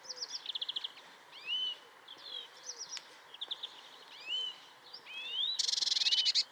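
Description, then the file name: European greenfinch calls softly: chirp series and rising sweeps, ending with a louder harsh buzzing trill, all over a fairly noisy background hiss. "Chloris chloris"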